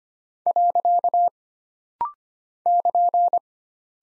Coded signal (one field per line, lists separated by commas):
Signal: Morse code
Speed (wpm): 25 wpm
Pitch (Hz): 700 Hz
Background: none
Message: . <KN>